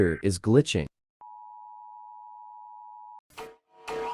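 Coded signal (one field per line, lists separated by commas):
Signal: Emergency Alert System (SAME) tones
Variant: 853 and 960 Hz attention tone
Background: speech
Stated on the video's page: Emergency alert alarms from different countries.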